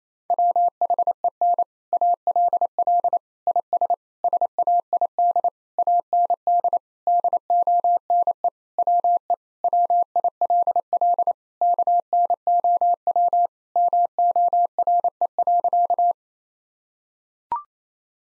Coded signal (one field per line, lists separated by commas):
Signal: Morse code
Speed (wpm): 28 wpm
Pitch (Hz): 700 Hz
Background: none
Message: WHEN ALL IS SAID AND DONE WE WILL KNOW MORE.